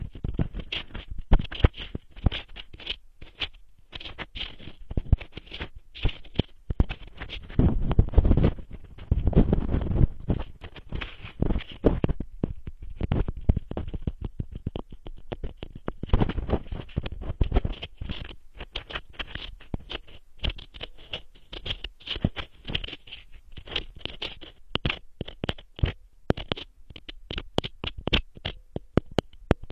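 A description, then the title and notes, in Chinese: Macadamia nuts crackle and crunch in a dense, irregular stream of sharp clicks and snaps that runs the whole time. Heavier, deeper crunching swells around eight to ten seconds and again near sixteen, then the snaps turn lighter and brighter toward the end. 夏威夷坚果好听的声音。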